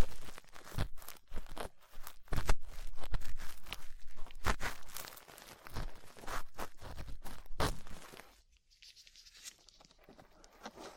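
Latex gloves and small tools work at ear cleaning, giving dense crinkling, scraping and rubbing with sharp clicks and snaps every second or so. The sound is busy and fairly loud through most of the clip, then drops to a thin, quiet hiss after about eight seconds, with a few faint ticks.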